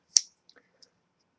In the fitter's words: that covers that comes down and locks the blade into place right there